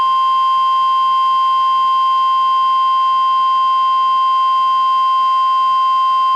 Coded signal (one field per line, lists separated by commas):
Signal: Emergency Alert System (SAME) tones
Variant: 1050 Hz attention tone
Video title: EAS #871: NWR Required Weekly Test- Sep. 13, 2023- 11:09AM PDT